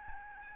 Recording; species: mosquito wingbeat signal from an infrared sensor; Aedes albopictus